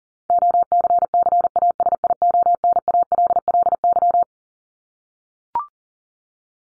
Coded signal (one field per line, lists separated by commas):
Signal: Morse code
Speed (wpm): 40 wpm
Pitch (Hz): 700 Hz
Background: none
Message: OCCASIONALLY